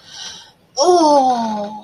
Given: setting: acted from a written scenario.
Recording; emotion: vocal sound without words; ecstasy